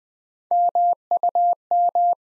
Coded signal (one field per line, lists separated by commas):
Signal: Morse code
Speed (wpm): 20 wpm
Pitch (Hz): 700 Hz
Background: none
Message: MUM